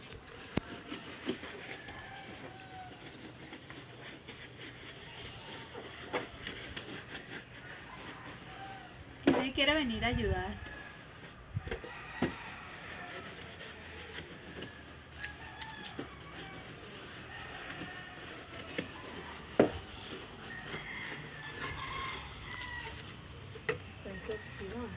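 Someone washes a motorbike outdoors, with scattered clicks, knocks and brief scrubbing sounds over a quiet, steady background. Around nine to ten seconds a louder rushing burst with a wavering squeal stands out. Faint voices and chirps appear now and then.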